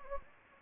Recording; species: mosquito wingbeat signal from an infrared sensor; Anopheles gambiae